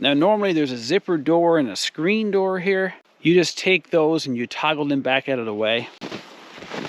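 On an RBM Outdoors UP-5 tent, the zipper door and screen door are being toggled back out of the way toward a small catch at the door's corners while someone talks for about six seconds. A steady broadband rustle follows to the end. Nothing has seated or clicked into the catch yet.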